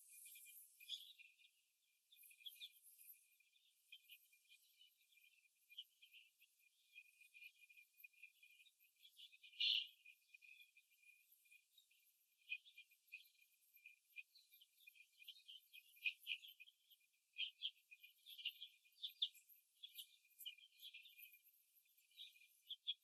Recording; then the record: young laying hens in a cage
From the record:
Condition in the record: after the stressor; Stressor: simulated dog barking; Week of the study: 2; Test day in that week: 2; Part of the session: 1